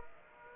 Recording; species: mosquito wingbeat signal from an infrared sensor; Aedes aegypti